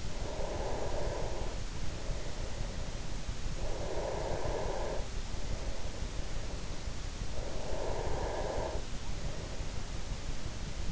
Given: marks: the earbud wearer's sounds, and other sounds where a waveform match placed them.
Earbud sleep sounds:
sounds in sleep by an in-ear microphone; breath
0.00-3.18 s: breath
3.37-6.93 s: breath
7.11-10.92 s: breath

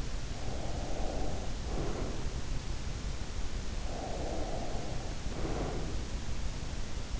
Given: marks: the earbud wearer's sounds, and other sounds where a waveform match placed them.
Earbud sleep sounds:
sounds in sleep by an in-ear microphone; breath
0.67-2.24 s: breath
3.77-5.99 s: breath

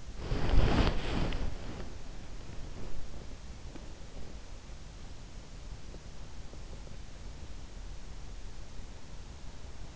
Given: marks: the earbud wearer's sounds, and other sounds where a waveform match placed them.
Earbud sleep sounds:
sounds in sleep by an in-ear microphone; body movement
0.00-4.54 s: body movement

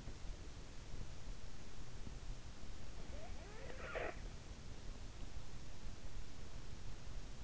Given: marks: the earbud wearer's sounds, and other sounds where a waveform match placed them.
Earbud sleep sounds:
sounds in sleep by an in-ear microphone; breath
3.47-4.33 s: breath

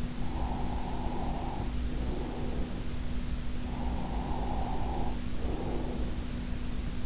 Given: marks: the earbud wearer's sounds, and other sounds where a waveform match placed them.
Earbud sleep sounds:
sounds in sleep by an in-ear microphone; breath
0.07-3.07 s: breath
4.00-6.15 s: breath

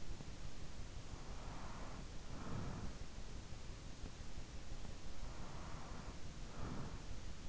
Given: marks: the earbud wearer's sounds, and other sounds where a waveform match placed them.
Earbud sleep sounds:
sounds in sleep by an in-ear microphone; breath
1.07-3.70 s: breath
4.80-7.48 s: breath

